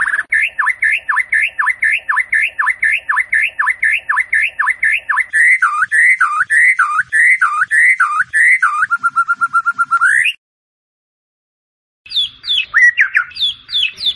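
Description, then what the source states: White-rumped shama song: rhythmic repeated swooping whistles that change into buzzier phrases and a fast rattle, then a pause and a new varied burst. Masteran song tutor of a champion white-rumped shama, used for training other birds.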